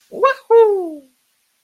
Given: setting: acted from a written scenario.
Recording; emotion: vocal sound without words; triumph